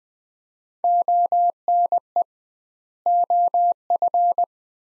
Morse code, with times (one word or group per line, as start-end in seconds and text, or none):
0.8-2.2 ONE
3.1-4.4 OF